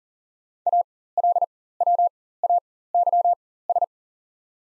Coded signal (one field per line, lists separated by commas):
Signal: Morse code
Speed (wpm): 40 wpm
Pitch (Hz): 700 Hz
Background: none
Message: ALWAYS